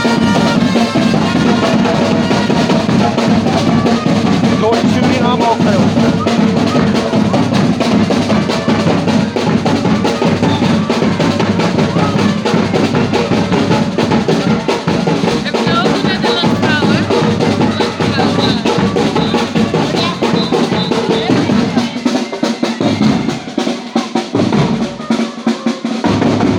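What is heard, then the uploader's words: A brass band plays at a street birthday party, a loud, dense wall of horns and low brass holding steady throughout. Near the end, around 22 seconds, the deepest notes drop out in short gaps while the brighter playing carries on. Street party in Amsterdam. Brass Band playing in my hood due to a birthday party at my neighbours.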